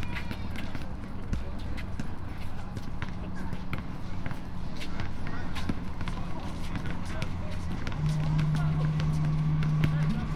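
A nearby park in late autumn, with people talking steadily and footsteps of someone jogging past. Sharp taps and knocks recur every second or so, like a ball or shoes striking hard ground, over a low, continuous outdoor hum.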